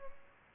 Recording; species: mosquito wingbeat signal from an infrared sensor; Aedes albopictus